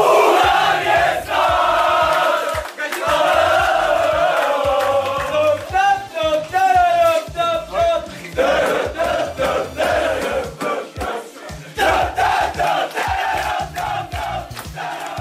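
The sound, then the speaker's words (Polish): The Lechia Gdańsk football team celebrates in its locker room after a match, a group of voices chanting and singing loudly together in a steady rhythm, with shouts and whoops mixed in throughout and a hiss of opened champagne bottles at the end. “Niestety nie, ale cieszą się kibice Lechii Gdańsk i tak brzmiała szatnia biało-zielonych po meczu.”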